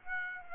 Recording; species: mosquito wingbeat signal from an infrared sensor; Aedes aegypti